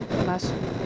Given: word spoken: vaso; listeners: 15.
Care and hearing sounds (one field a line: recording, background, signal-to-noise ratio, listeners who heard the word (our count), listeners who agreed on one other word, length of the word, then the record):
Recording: one Spanish word in noise, from a listening test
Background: noise modulated by three-talker babble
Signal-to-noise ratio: -3.4 dB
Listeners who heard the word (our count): 4 of 15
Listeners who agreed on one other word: 8 of 15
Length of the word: 0.46 s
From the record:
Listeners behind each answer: 8, 4, 1, 1, 1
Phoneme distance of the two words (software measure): 10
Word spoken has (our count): 2 syllables, 4 phonemes, stress on syllable 1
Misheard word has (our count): 2 syllables, 4 phonemes, stress on syllable 1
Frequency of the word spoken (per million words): 39.09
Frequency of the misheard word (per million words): 228.90